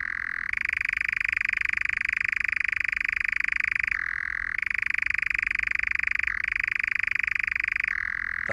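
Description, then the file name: European nightjar churring continuously, a rapid dry trill that shifts down in pitch several times and climbs back each time. Churring described as rising and falling and continuous; nocturnal bird; in Ireland the sound was likened to a spinning wheel, giving it the local Irish name meaning spinning wheel. "rteradio 1-mooney-nightjarsr"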